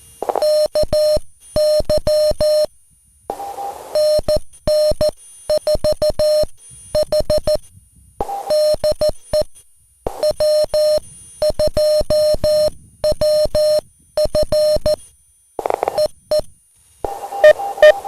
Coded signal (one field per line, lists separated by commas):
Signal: Morse code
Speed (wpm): 14 wpm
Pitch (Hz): 610 Hz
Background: music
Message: KY NN4H DE W2WF EE EE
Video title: (tr)uSDX CW POTA in San Angelo State Park - K-3053